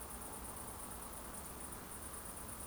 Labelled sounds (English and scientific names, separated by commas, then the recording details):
Eurasian Woodcock (Scolopax rusticola) whistle
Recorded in Baden-Württemberg, Germany, on 25 June 2020 at 20:34 UTC
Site 14569, 102 m above sea level